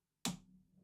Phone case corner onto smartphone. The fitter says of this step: Just hear that snap, guys. What a lovely snap.